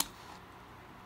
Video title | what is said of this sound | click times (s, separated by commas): Kobalt Cordless Drill Holster | it pops right out | 0.0 s